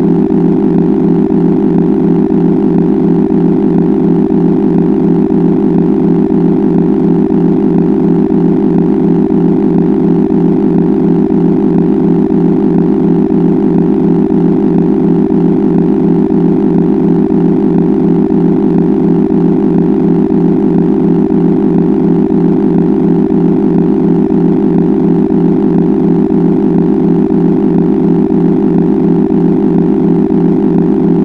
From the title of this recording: Theta Gamma Alpha Delta and Beta Waves Blended Binaural Frequencies